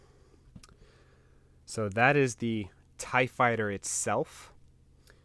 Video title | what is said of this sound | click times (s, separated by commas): Unboxing and review of TFA Tie-Fighter! Star wars The force Awakens | so the slot right here all you got to do is just line them up and push it in until it just kind of clicks in place so | 0.6 s